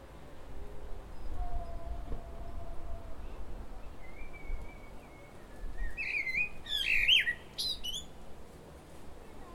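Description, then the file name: Common blackbird: a soft drawn-out whistle, then a louder warbling phrase with squeaky high notes at the end, over low rumbling background noise. "Turdus merula"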